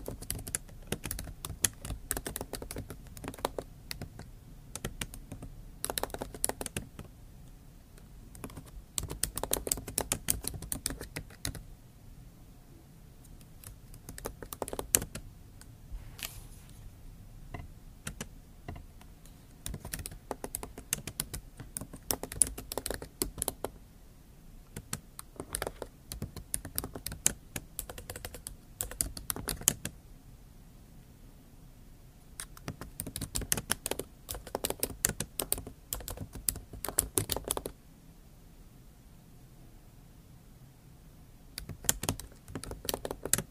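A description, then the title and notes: Crisp tapping and scratching come in dense bursts of quick clicks, much like fingers rattling on keys. The bursts last several seconds each, broken by short near-silent pauses around 14, 31 and 39 seconds, with a faint low hum underneath throughout. Scratching & Tapping ASMR.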